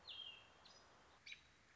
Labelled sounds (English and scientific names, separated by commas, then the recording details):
American Robin (Turdus migratorius)
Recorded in Sonoma County, California